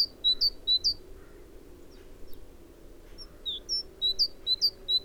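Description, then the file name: Great tit chirping in quick bright series, high notes tumbling rapidly at the start and again toward the end, with a brief lull in between. "Parus major"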